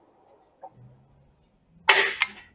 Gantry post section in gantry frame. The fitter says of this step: yo it just locks in